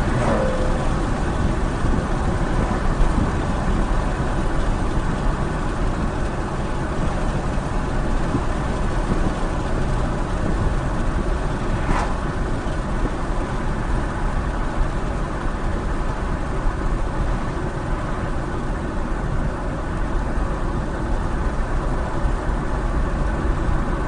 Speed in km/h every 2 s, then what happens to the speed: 81, 81, 77, 77, 77, 76, 72, 71, 68, 68, 68, 68.
0-16 slows to 68. 16-24 steady at about 68.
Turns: none.